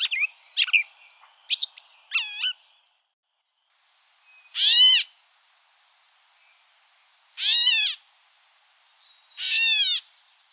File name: Gray Catbird